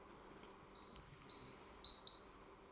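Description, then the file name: Great tit whistling three two-note phrases, a brief higher note dropping to a drawn-out lower one, over soft background hiss. "Parus major"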